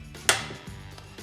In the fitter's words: by pulling up on the collar and pushing straight down on the disconnect firmly until you hear the click